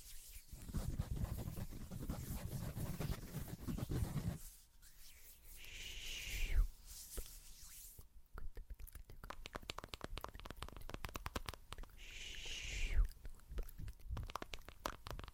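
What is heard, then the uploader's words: ASMR plucking with layered sounds: a low rubbing texture fills the first four seconds, then gives way to quick, dense crackling taps. Twice, near six and thirteen seconds, a bright hissing swell rises over the tapping before fading, with scratchy rubbing throughout. ASMR PLUCKING WITH LAYERED SOUNDS.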